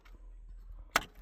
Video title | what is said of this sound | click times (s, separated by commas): How to Replace Mazda 3 Intake Manifold Vacuum Runner Solenoid BL Models 2004-2013 Petrol | there you go, you can pop it up. | 1.0 s